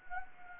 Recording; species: mosquito wingbeat signal from an infrared sensor; Anopheles gambiae